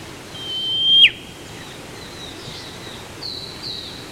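Whipbird call with a sustained high whistle swelling to a sudden whip-crack snap, then quieter high notes from other birds.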